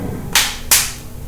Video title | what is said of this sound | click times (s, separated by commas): How to Replace AT&T Calypso 2 Phone Battery U319AA | they'll snap a little bit | 0.4 s